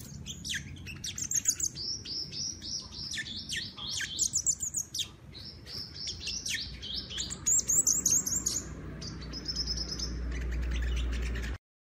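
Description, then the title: Scarlet-headed flowerpecker twittering: a busy, irregular run of very high, sharp chips and short buzzy notes, pausing briefly, then ending abruptly. Juvenile bird in spotted young plumage ('trotol'), described as singing persistently ('gacor'). "Sogok Ontong Trotol Gacor"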